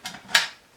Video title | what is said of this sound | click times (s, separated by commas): UNBOXING My ENTIRE Upgraded Filming Set Up! SET UP & Transform My Filming Space! - Step By Step! 2/2 | and as you can hear it locks itself | 0.3 s